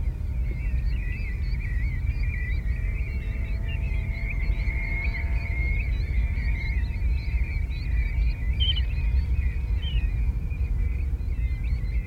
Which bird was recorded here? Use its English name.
European Golden Plover